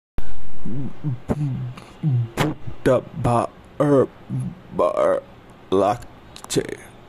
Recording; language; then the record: elicited speech; Bengali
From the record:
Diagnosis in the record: Broca's or global aphasia after a stroke